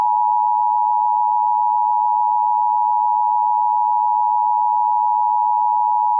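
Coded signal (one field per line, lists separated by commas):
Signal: Emergency Alert System (SAME) tones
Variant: 853 and 960 Hz attention tone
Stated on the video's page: Mock AMBER Alert for Marion County, West Virginia, a simulated EAS activation.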